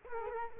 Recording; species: mosquito wingbeat signal from an infrared sensor; Culex quinquefasciatus